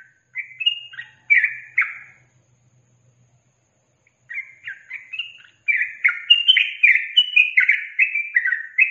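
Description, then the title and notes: Yellow-vented bulbul song: bubbly, gurgling phrases of quick up-and-down notes, a pause of about two seconds, then a longer, livelier burst of rapid warbling. Masteran training recording for songbirds, featuring the tembakan and ropel song styles. "MASTERAN Trucukan Tembakan Dan Ropel 1. BURUNG TRUCUKAN"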